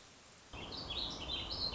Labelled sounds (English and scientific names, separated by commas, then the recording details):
Warbling Vireo (Vireo gilvus)
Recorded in Sonoma County, California